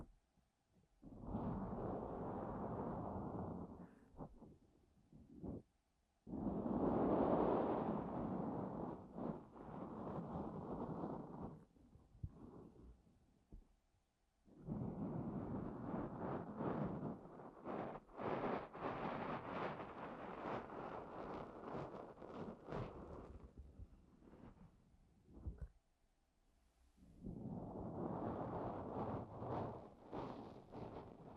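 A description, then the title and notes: Ear cleaning sounds with sand and no talking: long stretches of dense, muffled rubbing and gritty scratching, heavy and rumbling in the low end with crackly ticks running through it. The sound stops briefly around 6, 14 and 26 seconds, then resumes. ASMR DEEP Ear Cleaning No talking 시원한 모래 귀청소.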